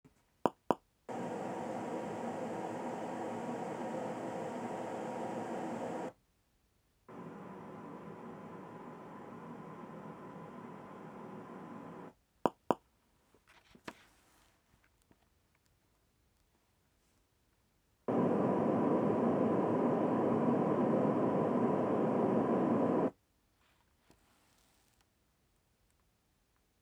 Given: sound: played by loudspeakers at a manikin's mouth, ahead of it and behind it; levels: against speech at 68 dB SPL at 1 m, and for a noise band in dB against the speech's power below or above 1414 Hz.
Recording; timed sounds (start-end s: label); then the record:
test signals for a remote microphone
0.46 s: click
0.71 s: click
1.08-6.08 s: speech-spectrum noise from ahead
7.08-12.08 s: speech-spectrum noise from behind
12.46 s: click
12.71 s: click
18.08-23.08 s: speech-spectrum noise from the mouth, turned 45 degrees left
From the record:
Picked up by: measurement microphone